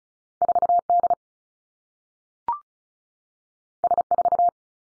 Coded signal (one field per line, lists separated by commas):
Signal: Morse code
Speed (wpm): 36 wpm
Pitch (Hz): 700 Hz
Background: none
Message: 4 D S 4